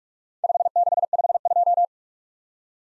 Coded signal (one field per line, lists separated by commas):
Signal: Morse code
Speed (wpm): 47 wpm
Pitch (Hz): 700 Hz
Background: none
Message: 5652